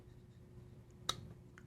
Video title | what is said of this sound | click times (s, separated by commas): Unboxing a special knife… my HMC hollow ground Magnacut & brown contoured G10 Transient 3.2 knife. 😎 | It's a nice clickity. | 1.1 s